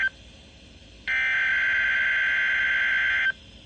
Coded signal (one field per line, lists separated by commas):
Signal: Emergency Alert System (SAME) tones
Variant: header bursts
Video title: Tornado Watch (EAS 1916)